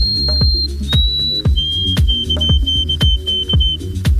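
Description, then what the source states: White-throated Sparrow singing a pure whistled song: a long high note, a slightly lower one, then a run of repeated lower notes, over rhythmic low clicking background sounds. Melancholy whistled song, described as hauntingly beautiful.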